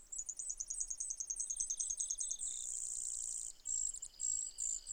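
Brewer's sparrow trilling: rapid high notes, a long steady buzz, then short buzzy bursts, with some background hiss.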